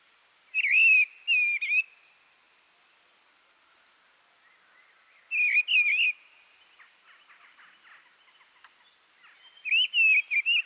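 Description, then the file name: Mistle thrush delivering short warbled whistle phrases with long pauses between them, faint irregular clicking heard in the background midway. "Grotelijster"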